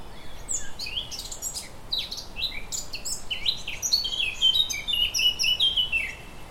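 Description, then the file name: Eurasian Blackcap song, a continuous bright warble mixing quick chirps with falling and rising fluty whistles over faint background hiss. "Sylvia atricapilla"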